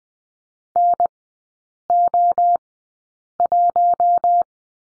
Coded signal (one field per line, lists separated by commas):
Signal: Morse code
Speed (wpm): 20 wpm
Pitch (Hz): 700 Hz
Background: none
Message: NO1